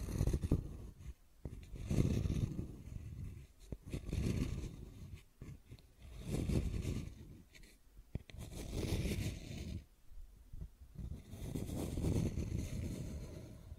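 Scratching and tracing sounds come in rough bursts of two to three seconds, separated by short pauses and sharp clicks throughout.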